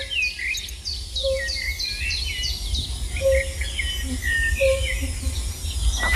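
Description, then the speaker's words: Aquatic warbler song: quick scratchy chattering with short clear whistled notes, over a steady low rumble and soft mellow hoots repeating every one and a half to two seconds. Heard by a reporter in eastern Poland; an endangered, small yellow songbird that breeds almost exclusively in Europe. "Gert Elbertsen hoorde deze waterrietzanger in Oost-Polen."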